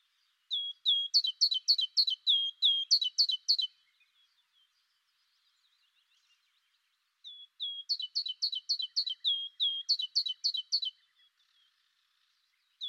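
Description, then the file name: Great tit giving two bouts of high notes, each opening with a whistled note, then a quick run of sharp two-part notes, with a pause of a few seconds between bouts and a third bout starting at the end. "Parus major"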